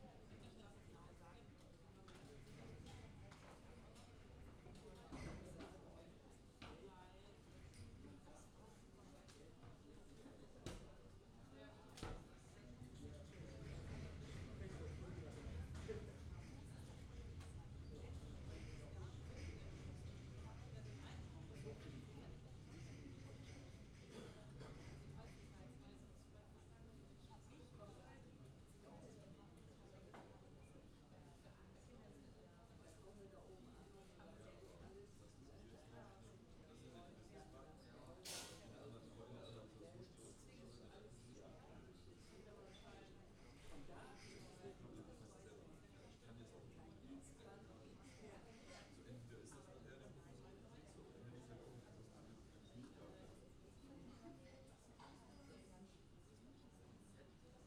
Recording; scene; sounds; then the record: everyday scene through a hearing-aid microphone; many people talking; many voices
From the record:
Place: university cafeteria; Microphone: in the ear canal, left